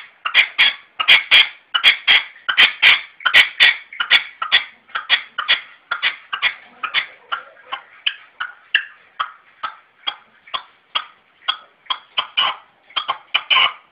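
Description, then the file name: Red-legged partridge giving steady, repeated harsh chuffing notes in quick groups, dipping quieter in the middle before rising again near the close. "perdiz roja-sonido"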